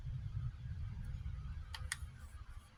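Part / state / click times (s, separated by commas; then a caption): rubber seal on a brake caliper piston / seated / 1.7 s, 1.9 s. A lubricated rubber seal on a C3 Corvette brake caliper piston is snapped into its groove, then turned while the piston is held. Two small, sharp clicks at 1.7 and 1.9 seconds rise above a low background rumble as the seal seats past the lip, showing it has snapped correctly into place.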